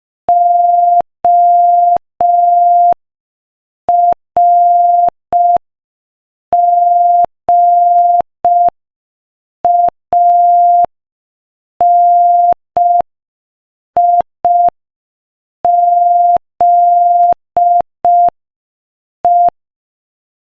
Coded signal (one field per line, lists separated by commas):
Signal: Morse code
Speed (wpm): 5 wpm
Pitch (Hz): 700 Hz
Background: none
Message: ORGANIZE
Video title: Morse Code Practice: 5 wpm Joke #4